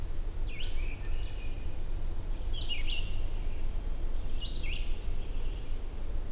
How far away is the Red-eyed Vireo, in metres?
about 25 m